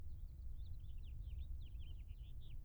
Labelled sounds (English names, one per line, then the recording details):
House Finch song
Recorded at WGilgo Beach on Long Island, New York, on 22 May 1975
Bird F